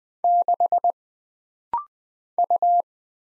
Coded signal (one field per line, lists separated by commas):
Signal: Morse code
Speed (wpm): 20 wpm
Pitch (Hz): 700 Hz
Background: none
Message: 6 U